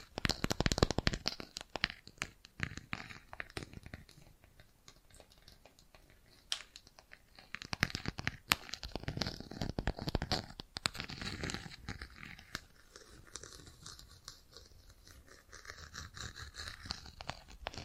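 Bracelets and jewelry boxes rustle and clatter in dense bursts of bright crinkly clicks, loudest in the opening seconds, then sparser, scattered handling.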